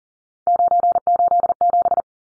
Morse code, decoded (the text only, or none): 987